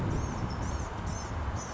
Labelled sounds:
Blue-gray Gnatcatcher
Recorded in Sonoma County, California

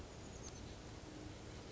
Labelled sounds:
Oak Titmouse
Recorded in Sonoma County, California

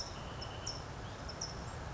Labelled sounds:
California Towhee
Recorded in Sonoma County, California

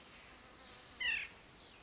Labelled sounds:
White-breasted Nuthatch
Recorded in Sonoma County, California

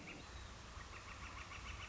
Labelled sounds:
Northern Flicker
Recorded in Sonoma County, California

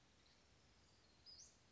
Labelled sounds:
Western Flycatcher
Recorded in Sonoma County, California

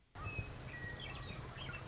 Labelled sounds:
Western Meadowlark
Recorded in Sonoma County, California

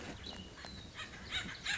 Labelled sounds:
Cassin's Vireo
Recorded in Sonoma County, California

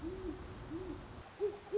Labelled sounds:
Great Horned Owl
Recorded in Sonoma County, California

